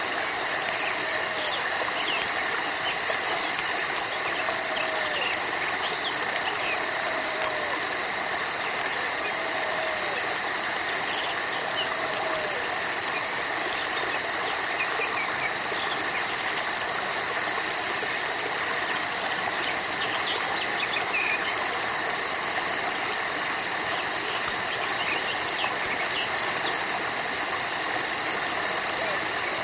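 Steady forest ambience thick with bright, continuous insect and cricket trilling over a soft rushing wash, with a few faint chirps early on.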